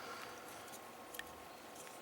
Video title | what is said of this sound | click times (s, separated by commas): Botcon 2014 Knight Devcon | and then it will lock into place. You'll feel it. You'll feel it snap or hear it snap. There it goes. | 1.2 s